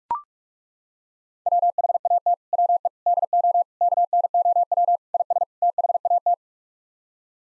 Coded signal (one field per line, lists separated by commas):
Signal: Morse code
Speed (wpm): 43 wpm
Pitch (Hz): 700 Hz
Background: none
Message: WHAT WE DO KNOW IS THAT